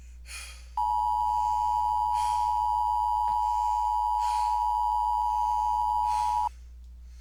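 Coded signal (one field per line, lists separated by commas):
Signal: Emergency Alert System (SAME) tones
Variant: 853 and 960 Hz attention tone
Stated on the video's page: Mock (fictional) EAS alert.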